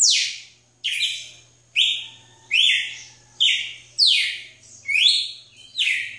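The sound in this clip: Red-cowled cardinal song of strong, clear whistles that drop in pitch, each note spaced under a second apart, over a low droning hum.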